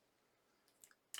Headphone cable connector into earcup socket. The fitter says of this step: And once it falls into place, then you push it in until it clicks like that.